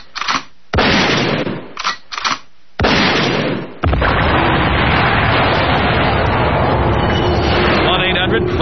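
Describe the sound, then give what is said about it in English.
A series of sharp, loud bursts like gunfire, followed by a big explosion that swells into a long, roaring rumble lasting several seconds. “Hey, could you take me out to Double Columbine, then an explosion?”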